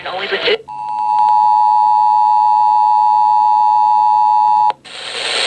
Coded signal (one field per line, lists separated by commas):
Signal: Emergency Alert System (SAME) tones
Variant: 853 and 960 Hz attention tone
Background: speech